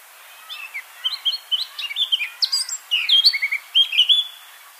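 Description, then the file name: Eurasian blackcap song: a rapid, varied warble of scratchy and clear whistled notes, building into louder fluty phrases toward the end. "Sylvia atricapilla"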